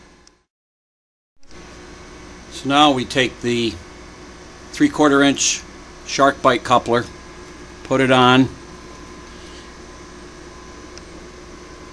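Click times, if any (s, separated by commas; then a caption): none. A 3/4-inch SharkBite push-fit coupler is handled as it is put onto the end of an iron/copper water pipe. Someone talks over a steady background hum, with a few brief ticks at about 0.3, 1.4 and 11.0 seconds. Nothing has seated or clicked yet; the coupler is not yet home.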